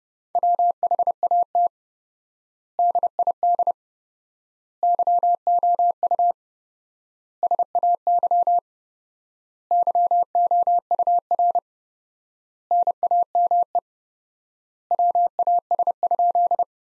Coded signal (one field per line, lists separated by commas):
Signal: Morse code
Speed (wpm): 30 wpm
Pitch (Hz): 700 Hz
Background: none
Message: WHAT DID YOU SAY YOUR NAME WAS?